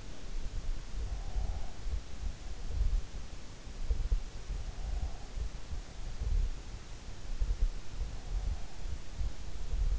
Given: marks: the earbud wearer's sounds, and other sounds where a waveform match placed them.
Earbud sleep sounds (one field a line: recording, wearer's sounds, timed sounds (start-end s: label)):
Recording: sounds in sleep by an in-ear microphone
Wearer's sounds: breath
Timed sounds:
0.00-2.71 s: breath